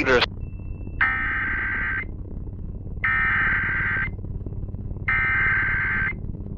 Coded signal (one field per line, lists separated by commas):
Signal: Emergency Alert System (SAME) tones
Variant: header bursts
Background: speech